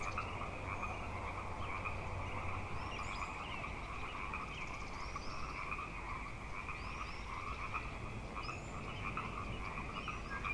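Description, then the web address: Frog chorus of continuous overlapping trills that keep a steady buzzing band throughout, with a few brief bird chirps above and low background rumble. Frog chorus tuning up at Grafton Lake, 3 May 2009. "The Frog Chorus Tunes Up On Grafton Lake frogs 090503"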